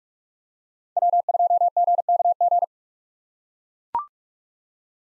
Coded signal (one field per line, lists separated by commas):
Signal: Morse code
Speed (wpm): 44 wpm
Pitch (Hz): 700 Hz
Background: none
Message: W2GKG